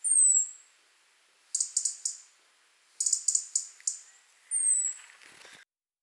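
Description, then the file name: European robin calling, a thin high descending whistle followed by two rapid clusters of hard ticks, then another falling whistle. "Erithacus rubecula"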